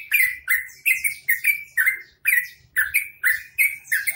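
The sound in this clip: Bird calling with loud rasping chirps in quick succession, each note sliding downward, a low rumble faintly audible below.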